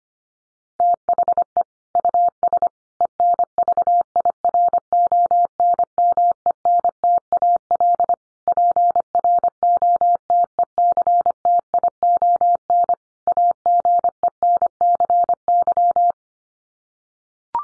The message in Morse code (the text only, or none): THE US ENVIRONMENTAL PROTECTION AGENCY